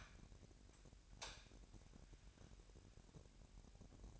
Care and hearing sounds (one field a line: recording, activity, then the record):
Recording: daily activity, microphone in the room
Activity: light on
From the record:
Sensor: 2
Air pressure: 1011.8 hPa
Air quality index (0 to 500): 214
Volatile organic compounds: 3 ppm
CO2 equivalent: 1508 ppm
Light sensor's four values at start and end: 12/27/12/12 and 16/44/18/18